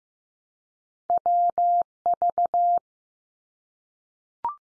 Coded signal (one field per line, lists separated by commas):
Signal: Morse code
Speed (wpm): 15 wpm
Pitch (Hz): 700 Hz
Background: none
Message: WV